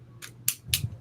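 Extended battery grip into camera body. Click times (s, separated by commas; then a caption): 0.5 s, 0.7 s. An extended battery grip with a tripod attached is pushed onto a small USB-C powered camera, with a soft scrape around 0.2 s. Sharp plastic clicks follow at 0.5 s and 0.7 s as the grip latches and seats in place.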